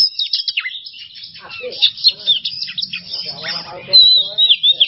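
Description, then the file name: Oriental magpie-robin song: a dense run of high chirps and slurred whistles, ending with a clear, drawn-out whistle and trilled notes. Masteran training recording for songbirds; song style named bongkar isian emosi. "Masteran Kacer Bongkar Isian Emosi"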